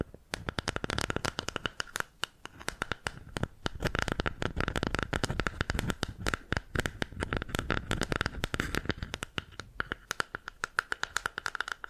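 Bamboo being tapped, scratched and brushed in a dense, busy stream of quick clicks and rustles that never pauses for the full twelve seconds. The strokes are crisp and bright, come at an uneven, rapid pace, and carry a faint steady tone underneath.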